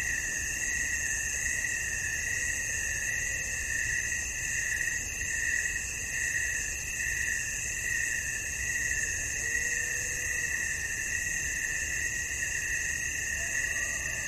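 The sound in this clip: Constant high cricket trilling with slight rhythmic pulsing; faint sliding low tones surface now and then.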